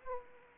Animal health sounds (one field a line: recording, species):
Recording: mosquito wingbeat signal from an infrared sensor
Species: Aedes aegypti